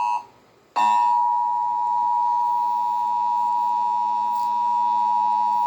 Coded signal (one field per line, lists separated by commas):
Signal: Emergency Alert System (SAME) tones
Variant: 853 and 960 Hz attention tone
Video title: National Periodic Test on FOX Carolina (EAS #107)